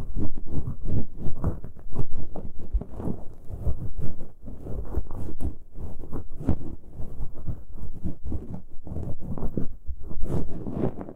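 Ear picking: a steady run of muffled scratching and rubbing, heavy in the low end, with soft thuds and crackles packed closely together for the whole clip. Brighter scrapes flick through now and then, and the level stays fairly even throughout.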